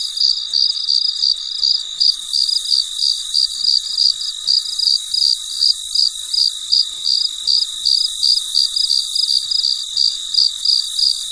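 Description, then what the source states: Cricket chirping steadily in quick bright pulses, about three every second, layered over a persistent high insect whine. Recorded late at night in very quiet surroundings.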